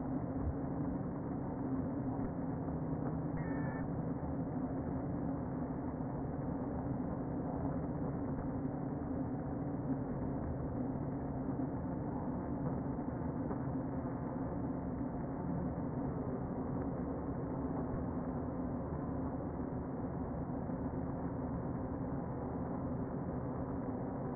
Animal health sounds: honeybee colony, microphone inside the hive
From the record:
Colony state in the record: queen present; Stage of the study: before two queens were removed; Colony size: about 60,000 bees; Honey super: yes

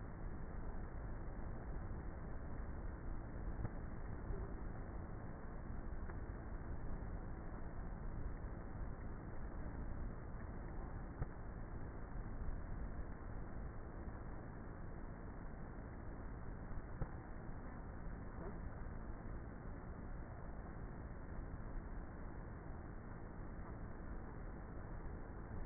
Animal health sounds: honeybee colony, microphone inside the hive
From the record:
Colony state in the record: queenless with a low population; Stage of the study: before two queens were removed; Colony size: about 30,000 bees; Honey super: no

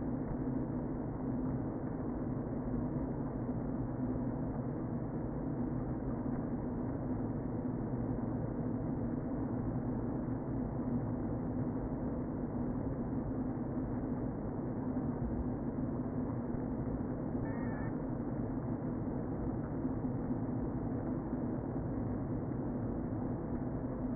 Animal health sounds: honeybee colony, microphone inside the hive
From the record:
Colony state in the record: queen present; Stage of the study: before two queens were removed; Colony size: about 60,000 bees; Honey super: yes

